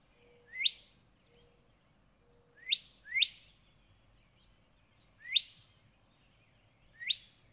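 Northern cardinal song: five rising whistled slurs, spaced irregularly, with a faint low steady tone early on.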